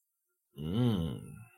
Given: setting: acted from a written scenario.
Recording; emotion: vocal sound without words; desire